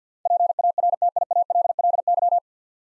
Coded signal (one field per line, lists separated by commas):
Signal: Morse code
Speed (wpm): 50 wpm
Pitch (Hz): 700 Hz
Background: none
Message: PARTIALLY